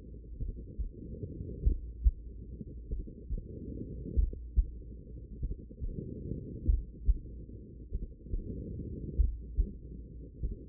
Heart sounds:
heart sounds by stethoscope; 48 bpm
0.37 s: heartbeat
1.62 s: heartbeat
2.88 s: heartbeat
4.14 s: heartbeat
5.40 s: heartbeat
6.65 s: heartbeat
7.90 s: heartbeat
9.15 s: heartbeat
10.40 s: heartbeat
From the record:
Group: heart failure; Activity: rest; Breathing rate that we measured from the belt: 24 breaths a minute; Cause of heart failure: idiopathic cardiomyopathy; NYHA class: 2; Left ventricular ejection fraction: 53%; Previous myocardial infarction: absent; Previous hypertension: present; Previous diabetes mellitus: absent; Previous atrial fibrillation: present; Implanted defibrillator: absent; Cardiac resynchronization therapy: absent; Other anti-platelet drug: absent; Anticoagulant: apixaban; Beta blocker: bisoprolol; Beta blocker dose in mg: 2.5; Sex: female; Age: 67 years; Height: 150 cm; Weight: 81 kg

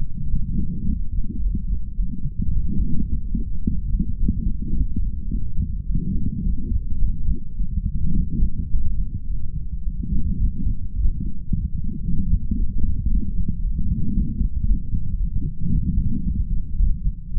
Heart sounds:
heart sounds by stethoscope; 109 bpm
0.28 s: heartbeat
0.84 s: heartbeat
1.39 s: heartbeat
1.94 s: heartbeat
2.50 s: heartbeat
3.06 s: heartbeat
3.61 s: heartbeat
4.17 s: heartbeat
4.73 s: heartbeat
5.28 s: heartbeat
5.85 s: heartbeat
6.42 s: heartbeat
6.98 s: heartbeat
7.55 s: heartbeat
8.13 s: heartbeat
8.69 s: heartbeat
9.25 s: heartbeat
9.81 s: heartbeat
10.38 s: heartbeat
10.93 s: heartbeat
11.47 s: heartbeat
12.02 s: heartbeat
12.55 s: heartbeat
13.08 s: heartbeat
13.60 s: heartbeat
14.12 s: heartbeat
14.64 s: heartbeat
15.16 s: heartbeat
15.69 s: heartbeat
16.23 s: heartbeat
16.76 s: heartbeat
17.32 s: heartbeat
From the record:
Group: healthy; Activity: light exercise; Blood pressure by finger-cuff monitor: 100/58 mmHg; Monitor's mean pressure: 69 mmHg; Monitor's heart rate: 107 bpm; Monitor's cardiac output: 7.5 L/min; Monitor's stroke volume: 70 mL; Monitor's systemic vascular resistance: 650 dyn s/cm5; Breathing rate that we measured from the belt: 32 breaths a minute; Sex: male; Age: 22 years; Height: 181 cm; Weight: 60 kg

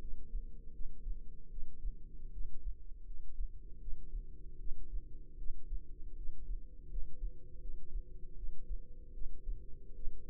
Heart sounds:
heart sounds by microphone in the left ear; 78 bpm
0.72 s: heartbeat
1.50 s: heartbeat
2.32 s: heartbeat
3.05 s: heartbeat
3.79 s: heartbeat
4.59 s: heartbeat
5.37 s: heartbeat
6.16 s: heartbeat
6.89 s: heartbeat
7.60 s: heartbeat
8.35 s: heartbeat
9.13 s: heartbeat
9.94 s: heartbeat
From the record:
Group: healthy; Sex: female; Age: 22 years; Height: 161 cm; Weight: 65.5 kg

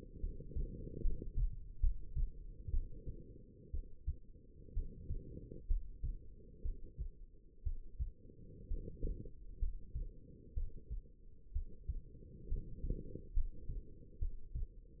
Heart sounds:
heart sounds by stethoscope; 64 bpm
0.20 s: heartbeat
1.01 s: heartbeat
1.80 s: heartbeat
2.71 s: heartbeat
3.71 s: heartbeat
4.73 s: heartbeat
5.67 s: heartbeat
6.62 s: heartbeat
7.63 s: heartbeat
8.67 s: heartbeat
9.59 s: heartbeat
10.54 s: heartbeat
11.52 s: heartbeat
12.48 s: heartbeat
13.33 s: heartbeat
14.19 s: heartbeat
From the record:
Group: healthy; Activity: rest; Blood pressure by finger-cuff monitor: 110/72 mmHg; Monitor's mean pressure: 84 mmHg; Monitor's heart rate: 64 bpm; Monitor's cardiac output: 5.2 L/min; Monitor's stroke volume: 83 mL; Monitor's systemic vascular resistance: 1160 dyn s/cm5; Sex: female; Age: 22 years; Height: 171 cm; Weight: 65.6 kg

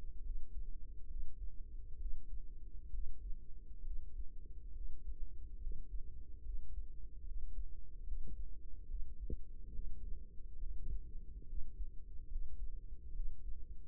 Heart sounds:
heart sounds by microphone in the right ear; 70 bpm
0.21 s: heartbeat
1.06 s: heartbeat
1.96 s: heartbeat
2.89 s: heartbeat
3.81 s: heartbeat
4.71 s: heartbeat
5.58 s: heartbeat
6.40 s: heartbeat
7.22 s: heartbeat
8.03 s: heartbeat
8.85 s: heartbeat
9.70 s: heartbeat
10.57 s: heartbeat
11.44 s: heartbeat
12.27 s: heartbeat
13.11 s: heartbeat
From the record:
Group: healthy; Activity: rest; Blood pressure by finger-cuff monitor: 109/74 mmHg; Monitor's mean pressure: 88 mmHg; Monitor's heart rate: 71 bpm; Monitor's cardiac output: 5.2 L/min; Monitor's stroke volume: 74 mL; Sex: male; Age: 35 years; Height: 178 cm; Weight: 64 kg

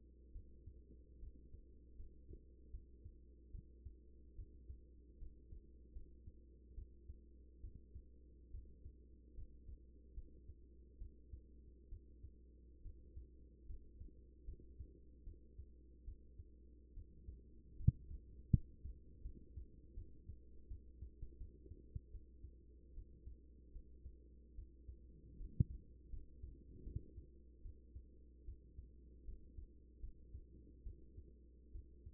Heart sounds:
heart sounds by stethoscope; 75 bpm
0.32 s: heartbeat
1.19 s: heartbeat
1.96 s: heartbeat
2.70 s: heartbeat
3.51 s: heartbeat
4.35 s: heartbeat
5.18 s: heartbeat
5.93 s: heartbeat
6.74 s: heartbeat
7.60 s: heartbeat
8.51 s: heartbeat
9.34 s: heartbeat
10.14 s: heartbeat
10.98 s: heartbeat
11.89 s: heartbeat
12.82 s: heartbeat
13.66 s: heartbeat
14.45 s: heartbeat
15.23 s: heartbeat
16.04 s: heartbeat
16.93 s: heartbeat
17.76 s: heartbeat
18.50 s: heartbeat
19.22 s: heartbeat
19.94 s: heartbeat
20.68 s: heartbeat
21.37 s: heartbeat
22.11 s: heartbeat
22.94 s: heartbeat
23.72 s: heartbeat
24.55 s: heartbeat
25.37 s: heartbeat
26.10 s: heartbeat
26.83 s: heartbeat
27.62 s: heartbeat
28.45 s: heartbeat
29.25 s: heartbeat
30.00 s: heartbeat
30.83 s: heartbeat
31.72 s: heartbeat
From the record:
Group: healthy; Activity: rest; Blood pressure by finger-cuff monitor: 118/74 mmHg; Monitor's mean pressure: 91 mmHg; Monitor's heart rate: 73 bpm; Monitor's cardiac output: 6.3 L/min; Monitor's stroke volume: 84 mL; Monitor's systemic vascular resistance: 1050 dyn s/cm5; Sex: female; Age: 24 years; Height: 163 cm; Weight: 55.7 kg

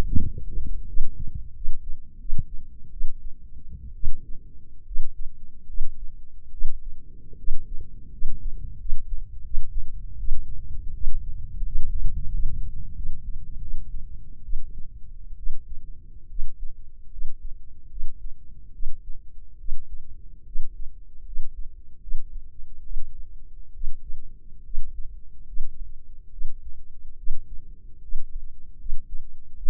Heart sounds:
heart sounds by microphone in the left ear; 75 bpm
0.05 s: heartbeat
0.84 s: heartbeat
1.51 s: heartbeat
2.17 s: heartbeat
2.89 s: heartbeat
3.92 s: heartbeat
4.83 s: heartbeat
5.65 s: heartbeat
6.49 s: heartbeat
7.35 s: heartbeat
8.09 s: heartbeat
8.76 s: heartbeat
9.41 s: heartbeat
10.16 s: heartbeat
10.91 s: heartbeat
11.62 s: heartbeat
12.30 s: heartbeat
12.93 s: heartbeat
13.59 s: heartbeat
14.42 s: heartbeat
15.35 s: heartbeat
16.27 s: heartbeat
17.08 s: heartbeat
17.88 s: heartbeat
18.71 s: heartbeat
19.56 s: heartbeat
20.43 s: heartbeat
21.23 s: heartbeat
21.98 s: heartbeat
22.81 s: heartbeat
23.71 s: heartbeat
24.62 s: heartbeat
25.44 s: heartbeat
26.29 s: heartbeat
27.14 s: heartbeat
27.99 s: heartbeat
28.76 s: heartbeat
29.53 s: heartbeat
From the record:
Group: healthy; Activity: rest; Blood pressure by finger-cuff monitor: 109/71 mmHg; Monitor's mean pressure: 82 mmHg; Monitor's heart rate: 73 bpm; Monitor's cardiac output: 5.7 L/min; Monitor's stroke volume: 77 mL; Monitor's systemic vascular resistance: 1040 dyn s/cm5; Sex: female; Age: 23 years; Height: 160 cm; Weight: 50.4 kg

